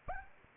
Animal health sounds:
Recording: mosquito wingbeat signal from an infrared sensor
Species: Anopheles arabiensis

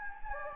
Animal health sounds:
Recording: mosquito wingbeat signal from an infrared sensor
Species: Anopheles gambiae

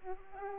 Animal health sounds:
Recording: mosquito wingbeat signal from an infrared sensor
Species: Aedes aegypti

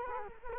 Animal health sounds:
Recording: mosquito wingbeat signal from an infrared sensor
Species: Culex quinquefasciatus

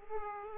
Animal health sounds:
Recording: mosquito wingbeat signal from an infrared sensor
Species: Aedes aegypti

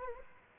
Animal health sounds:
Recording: mosquito wingbeat signal from an infrared sensor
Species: Aedes aegypti

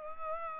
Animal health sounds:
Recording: mosquito wingbeat signal from an infrared sensor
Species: Culex pipiens

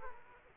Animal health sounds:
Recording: mosquito wingbeat signal from an infrared sensor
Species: Aedes aegypti

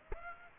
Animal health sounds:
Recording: mosquito wingbeat signal from an infrared sensor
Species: Aedes aegypti

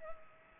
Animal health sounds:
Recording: mosquito wingbeat signal from an infrared sensor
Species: Culex pipiens

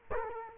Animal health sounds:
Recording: mosquito wingbeat signal from an infrared sensor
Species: Culex quinquefasciatus

